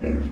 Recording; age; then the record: pig call; growing-finishing pig (85 days or more)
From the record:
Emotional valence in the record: negative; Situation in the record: barren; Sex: female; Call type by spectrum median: low-frequency call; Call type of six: low-frequency stable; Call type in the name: low-frequency stable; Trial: 3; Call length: 0.32 s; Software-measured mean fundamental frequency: 63 Hz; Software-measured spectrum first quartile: 84 Hz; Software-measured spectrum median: 210 Hz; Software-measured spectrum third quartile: 374 Hz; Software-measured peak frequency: 231 Hz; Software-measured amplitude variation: 154 dB a second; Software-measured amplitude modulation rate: 21.7 a second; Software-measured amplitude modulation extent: 7.1 dB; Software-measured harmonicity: -2.3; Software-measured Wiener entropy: -0.66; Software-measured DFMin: 732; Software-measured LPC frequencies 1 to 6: 423, 1593, 2220, 2457, 4934, 5770 Hz